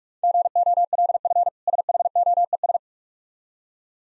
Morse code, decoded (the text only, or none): GOLF SHOES